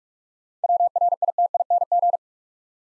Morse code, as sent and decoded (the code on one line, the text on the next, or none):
.-- .-. .. - .. -. --.
WRITING